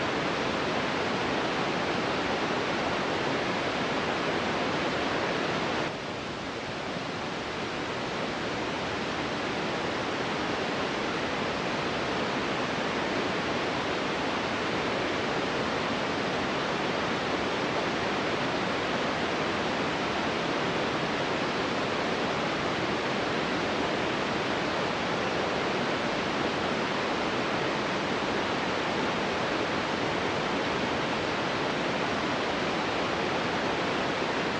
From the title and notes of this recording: White Noise Static. The soft hum of television static white noise.